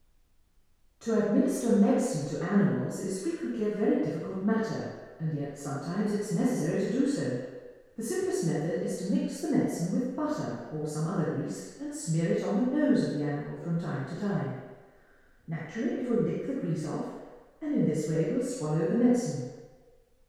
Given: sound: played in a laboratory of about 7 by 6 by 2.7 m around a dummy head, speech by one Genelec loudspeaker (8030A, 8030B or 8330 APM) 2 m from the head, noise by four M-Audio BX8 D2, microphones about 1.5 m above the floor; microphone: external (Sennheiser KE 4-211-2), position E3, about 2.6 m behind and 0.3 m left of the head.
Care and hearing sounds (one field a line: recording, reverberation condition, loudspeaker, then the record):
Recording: female speech in English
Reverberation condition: high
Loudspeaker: 150 degrees to the left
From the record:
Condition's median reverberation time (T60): about 1300 ms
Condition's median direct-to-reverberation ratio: about -4.0 dB